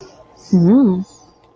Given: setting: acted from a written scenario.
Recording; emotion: vocal sound without words; desire